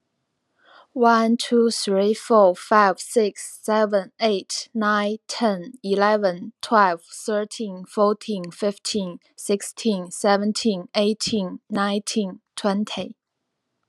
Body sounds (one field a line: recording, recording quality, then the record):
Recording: counting at a normal pace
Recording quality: excellent, no background noise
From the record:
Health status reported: healthy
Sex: female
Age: 28 years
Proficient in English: yes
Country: United States